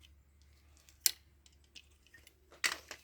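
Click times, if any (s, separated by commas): 1.1 s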